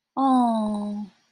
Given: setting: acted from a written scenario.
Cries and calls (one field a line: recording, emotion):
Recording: vocal sound without words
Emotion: sympathy